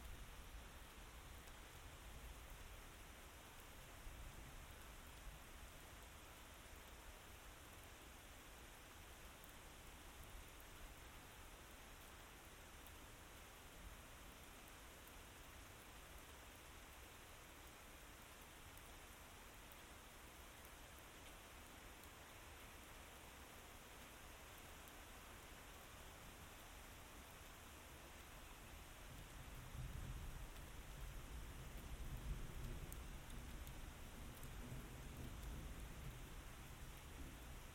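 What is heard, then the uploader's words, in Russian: Heavy night rain pours down in a dense, steady hiss across the whole clip, with a faint high whine running underneath. Around the thirty-second mark a low rumble swells in, likely thunder or surging water, before settling again. Звуками ночного ливня, грома, текущих потоков воды. Капли субтропического дождя.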